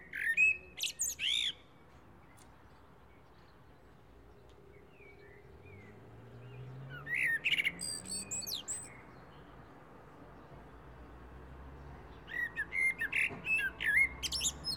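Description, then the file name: Common blackbird song in three separated phrases, each of whistled notes breaking into high scratchy twitters. "Turdus merula"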